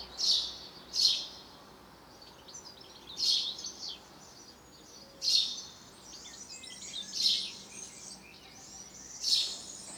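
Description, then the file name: House sparrow chirps, short bright notes given singly or in quick pairs every one to two seconds over a steady hiss of background noise. "Passer domesticus"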